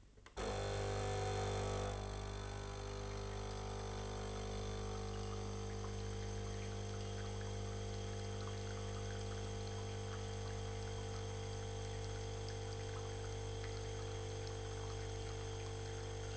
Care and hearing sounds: daily activity, microphone in the room; make coffee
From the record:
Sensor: 4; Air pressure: 1008.2 hPa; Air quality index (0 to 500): 117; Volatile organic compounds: 1 ppm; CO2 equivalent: 856 ppm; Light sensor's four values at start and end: 11/23/10/10 and 12/25/11/11

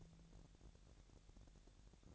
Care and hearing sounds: daily activity, microphone in the room; take from stove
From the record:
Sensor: 3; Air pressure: 1012.0 hPa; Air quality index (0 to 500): 210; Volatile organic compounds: 4 ppm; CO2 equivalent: 1566 ppm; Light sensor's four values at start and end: 112/264/110/100 and 112/264/110/100

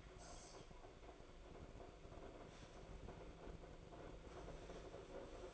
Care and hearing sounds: daily activity, microphone in the room; make coffee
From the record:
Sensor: 5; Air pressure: 1009.5 hPa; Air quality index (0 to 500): 168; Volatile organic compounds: 4 ppm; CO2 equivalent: 1626 ppm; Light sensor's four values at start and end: 95/250/102/108 and 95/250/102/108

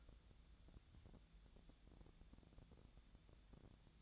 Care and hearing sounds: daily activity, microphone in the room; take from stove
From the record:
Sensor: 3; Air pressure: 1000.0 hPa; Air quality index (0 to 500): 127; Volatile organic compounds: 2 ppm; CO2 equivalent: 1139 ppm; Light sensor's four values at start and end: 42/107/46/51 and 43/107/46/51

